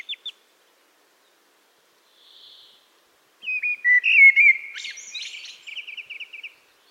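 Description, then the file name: Common blackbird singing a fluty descending warble that ends in a quick, thin rattling twitter, after a few brief high notes and a pause. "Turdus merula"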